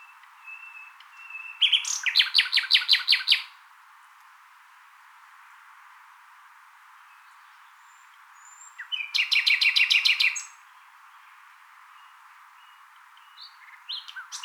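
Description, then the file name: Common nightingale song: two loud phrases of rapid repeated notes separated by several seconds of quiet. "Luscinia megarhynchos"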